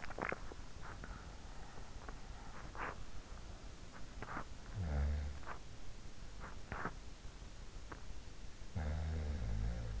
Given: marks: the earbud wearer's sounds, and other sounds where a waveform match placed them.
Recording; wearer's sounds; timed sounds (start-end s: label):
sounds in sleep by an in-ear microphone; swallowing
0.00-0.65 s: swallowing
8.19-10.00 s: sound from someone else or the room